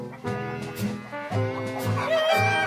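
Hens cluck in short, choppy bursts over a steady layer of sustained, tonal background music, with no voices speaking.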